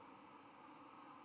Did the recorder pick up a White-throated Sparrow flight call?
yes